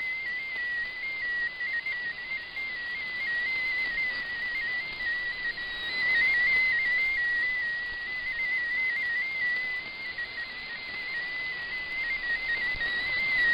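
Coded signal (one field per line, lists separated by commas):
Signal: multi-tone FSK (Olivia or MFSK type)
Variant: MFSK16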